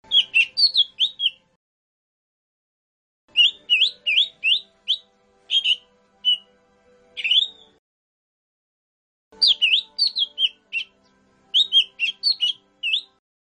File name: cucak hijau mini. omkicau